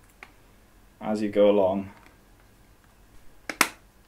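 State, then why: Seated. A second clear plastic protective case half is clipped over the edge of a handheld game console, working along it, while someone talks briefly. A couple of faint ticks follow, then a sharp snap at 3.6 s as the case half pops into place and is seated.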